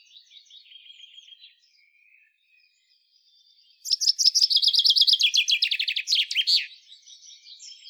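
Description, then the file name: Common chaffinch singing one full phrase, a rapid cascading trill dropping in pitch and closing with a quick flourish, after some faint thin notes. "Fringilla coelebs"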